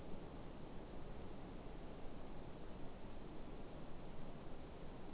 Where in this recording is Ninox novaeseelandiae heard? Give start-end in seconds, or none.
none